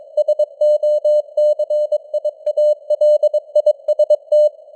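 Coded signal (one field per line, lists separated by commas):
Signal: Morse code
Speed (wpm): 22 wpm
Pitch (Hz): 600 Hz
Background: none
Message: SOCIALIST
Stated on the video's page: Computer-generated news headlines in Morse at 22 wpm with simulated radio noise and varying signal strength (QSB).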